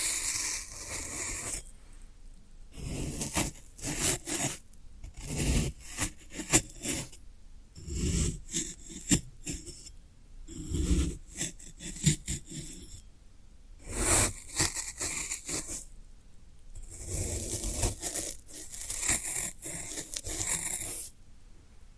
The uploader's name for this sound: Satisfying Tingle Stimulating Floral Foam Sounds